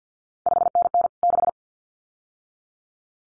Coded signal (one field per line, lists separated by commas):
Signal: Morse code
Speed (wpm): 50 wpm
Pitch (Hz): 700 Hz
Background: none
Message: 5NN 6